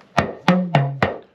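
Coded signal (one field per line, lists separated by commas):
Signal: talking drum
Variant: Yoruba dùndún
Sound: four resonant drum strokes with low tones that bend in pitch, like speech syllables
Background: small room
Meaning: The name Elizabeth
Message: Elizabeth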